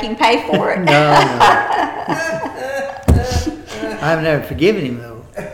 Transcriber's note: laughter